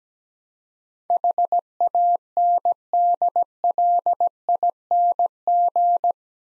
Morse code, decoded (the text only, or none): HANDLING